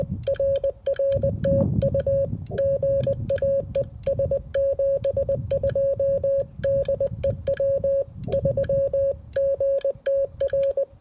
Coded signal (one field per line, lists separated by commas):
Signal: Morse code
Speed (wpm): 20 wpm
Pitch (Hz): 560 Hz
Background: music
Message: RR TU GA ES 72 DE W3GTR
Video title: SOTA POTA 150 Antenna Review with Full POTA Activation